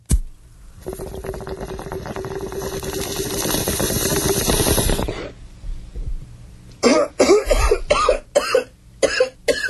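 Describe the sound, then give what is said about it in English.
A long, steady stretch of bubbling water through a bong with a faint hiss, lasting several seconds, then silence broken by a run of harsh, rough coughs. “take me out with the bong hit.”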